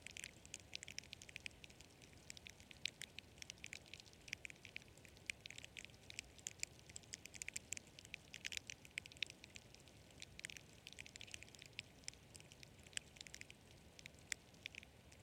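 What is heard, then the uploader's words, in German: A carp pond at night, filled with a constant, dense crackle of tiny bright clicks and ticks that rise and fall irregularly, with sharper pops scattered throughout. Beneath it runs a soft, steady low rumble, and the scene stays unchanged for the whole stretch. Unterwasser-Karpfen. Die erste Aufnahme mit meinem Unterwasser-Mikrophon: Ein Karpfenteich in der Nacht. Es war kein Regen und der Bach, der Wasser nachlieferte, war versiegt.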